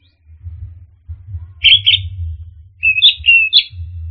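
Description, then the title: Orange-headed thrush giving a few short, scratchy whistled phrases separated by gaps, with a steady low rumble underneath. "anis_merah"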